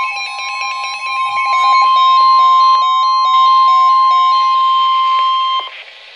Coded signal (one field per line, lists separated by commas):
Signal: Emergency Alert System (SAME) tones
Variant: 1050 Hz attention tone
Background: music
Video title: Real EAS #557 - 558: Severe Tstorm Warnings